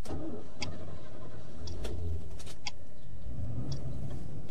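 A chauffeur-driven car fitted with a telephone and a refreshment compartment drives along, its engine humming low and steady, with a few sharp clicks and brief bright squeaks breaking through the rumble. No one speaks.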